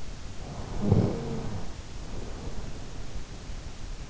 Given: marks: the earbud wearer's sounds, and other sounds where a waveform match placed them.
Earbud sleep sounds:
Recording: sounds in sleep by an in-ear microphone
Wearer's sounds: snoring breath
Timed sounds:
0.28-3.34 s: snoring breath

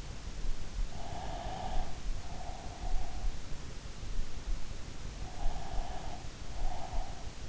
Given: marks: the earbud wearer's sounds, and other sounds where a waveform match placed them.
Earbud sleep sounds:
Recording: sounds in sleep by an in-ear microphone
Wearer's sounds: breath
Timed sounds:
0.92-3.45 s: breath
5.23-7.49 s: breath

